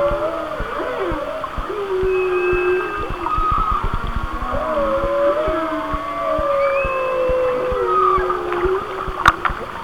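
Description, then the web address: Whale song of wavy tonal moans and higher whistles, several overlapping, with a sharp click near the end amid steady hiss. "Natures Songs Whale Songs Whale Songs- Mike Mc Donald"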